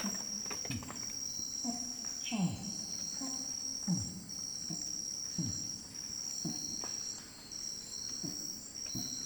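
Orangutan long call: a series of low pulses, some sliding sharply downward, over a steady high insect chorus.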